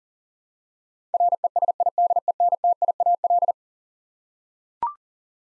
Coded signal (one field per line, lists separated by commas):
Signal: Morse code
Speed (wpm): 40 wpm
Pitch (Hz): 700 Hz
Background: none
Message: RESIDENTIAL